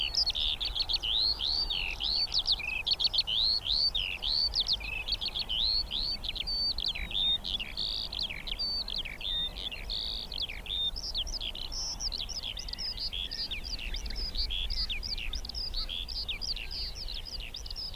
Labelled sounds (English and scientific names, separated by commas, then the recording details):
Eurasian Skylark (Alauda arvensis) flight song
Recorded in the wild
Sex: male
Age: adult
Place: Schönow, Naturpark Barnim, Brandenburg, DE
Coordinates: 52.6864, 13.5158
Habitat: heath
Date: 2005-05-01
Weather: clear, 10°C, no wind
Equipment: Edirol R-4, Sennheiser MKH 70, Windschutz
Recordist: Frommolt, Karl-Heinz
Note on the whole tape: Naturschutzgebiet Schönower Heide, 100 m nördlich des Beobachtungspunktes: Fluggesang von 2 Tieren. Tiere gesehen